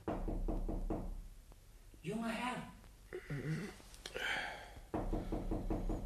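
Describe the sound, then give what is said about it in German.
A servant knocks rapidly on a bedroom door in the morning, a run of sharp raps that breaks off while a man calls out, then another quick burst of knocks at the end. “Der Albdruck dauerte an, bis mein Diener am nächsten Morgen an meine Schlafzimmertür klopfte.”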